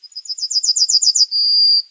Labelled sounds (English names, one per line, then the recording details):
Yellowhammer song
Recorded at under 5 m from the bird
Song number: 112